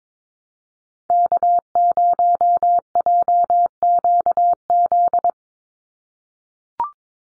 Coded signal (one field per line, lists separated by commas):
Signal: Morse code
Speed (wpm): 22 wpm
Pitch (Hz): 700 Hz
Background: none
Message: K0JQZ